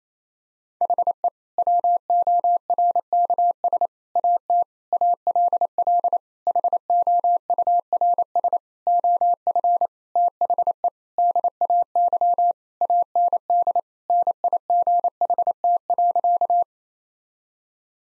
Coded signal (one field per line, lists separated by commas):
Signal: Morse code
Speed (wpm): 28 wpm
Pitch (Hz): 700 Hz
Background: none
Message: HE WORKS AT ALL HOURS OF THE DAY AND NIGHT.